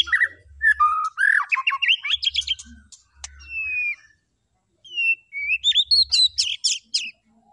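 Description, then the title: White-rumped shama: rising whistles and trills, a clear steady whistle, a pause, then a bright high rising phrase with sharp notes. Lure recording of a vigorously singing (gacor) white-rumped shama, used to make the bird respond. "PANCINGAN MURAI BATU GACOR LANGSUNG RESPON"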